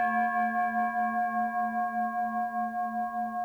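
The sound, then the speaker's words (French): A recorded bell tone with its attack cut off, heard without its strike: the ringing starts already sustained, a steady cluster of bright overtones over a low hum, gently pulsing with slow beats and no voices. “Voici la même cloche, attaque coupée.”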